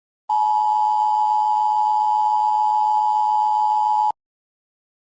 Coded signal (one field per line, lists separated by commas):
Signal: Emergency Alert System (SAME) tones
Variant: 853 and 960 Hz attention tone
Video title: Eas mock#3:global thermonuclear war